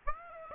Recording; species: mosquito wingbeat signal from an infrared sensor; Aedes aegypti